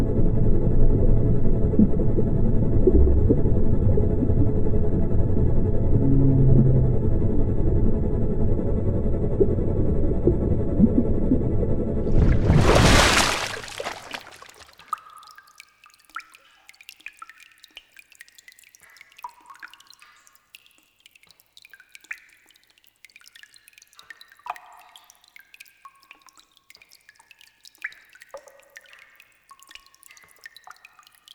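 A water soundscape opens with a loud, dense low rumble that surges bright around thirteen seconds, then drops to scattered drips and watery pings.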